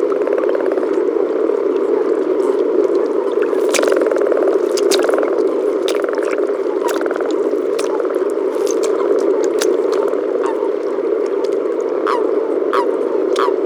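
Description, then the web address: Common frog chorus, an unbroken low purring hum of many frogs, dotted with sharp clicks and drip-like ticks. Recorded at Sissonne, France. "Sissonne Environnement Audiosflashcodes Grenouille-rousse"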